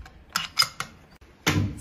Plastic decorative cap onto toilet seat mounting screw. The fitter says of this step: Cover the screws and snap on the decorative cover